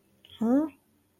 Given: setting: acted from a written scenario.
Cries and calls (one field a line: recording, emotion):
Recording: vocal sound without words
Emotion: confusion